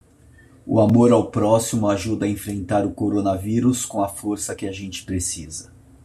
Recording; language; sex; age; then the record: spoken sentence; Brazilian Portuguese; male; 50 to 59 years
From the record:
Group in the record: control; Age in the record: 50 years